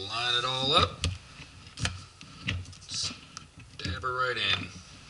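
Someone talks while lining up a metal sound moderator shroud on an air rifle barrel and pushing it in toward where it locks on. Short, sharp taps and clicks of the handling come through around 1.9, 2.5, 3.4 and 3.8 seconds. The shroud has not locked onto the barrel yet, and nothing has seated or clicked home.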